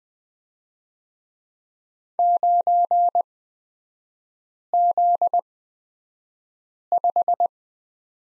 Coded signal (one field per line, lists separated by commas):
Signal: Morse code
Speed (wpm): 20 wpm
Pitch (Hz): 700 Hz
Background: none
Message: 9Z5